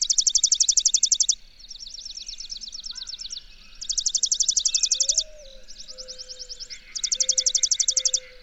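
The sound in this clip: Bird song: loud, rapid high-pitched trills in bursts of about a second, alternating with softer, slightly lower trills, while a faint low whistle sounds underneath.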